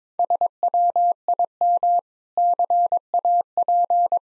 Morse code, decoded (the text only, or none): SWIM CAP